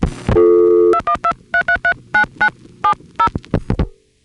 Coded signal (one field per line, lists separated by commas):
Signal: DTMF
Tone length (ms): 80 ms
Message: 2123339970